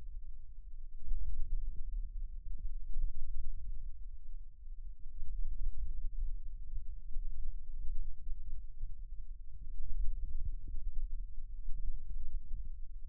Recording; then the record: forearm muscle sounds (acoustic myography)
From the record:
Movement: radial deviation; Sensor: system 2, bracelet of six BSWA MPA416 microphones around the upper forearm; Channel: 1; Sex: male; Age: 22 years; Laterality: right